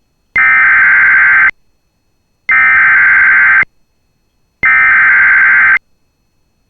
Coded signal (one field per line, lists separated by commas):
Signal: Emergency Alert System (SAME) tones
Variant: header bursts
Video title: [EAS Compilation] Minnesota Statewide Severe Thunderstorm Madness! July 14 2023 Severe Outbreak